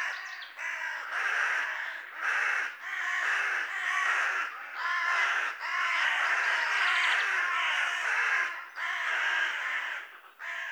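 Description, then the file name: Carrion crow producing an almost unbroken string of raucous, rasping caws that run into one another. "Corvus corone"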